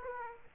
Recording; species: mosquito wingbeat signal from an infrared sensor; Aedes aegypti